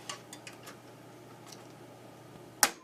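A sharp, bright metallic snap at 2.6 s shows the thin plate popping into place.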